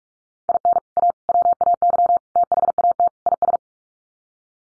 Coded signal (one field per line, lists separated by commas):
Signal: Morse code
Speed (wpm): 44 wpm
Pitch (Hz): 700 Hz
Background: none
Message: IN A WAY THAT IS